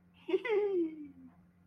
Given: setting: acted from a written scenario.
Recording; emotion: vocal sound without words; elation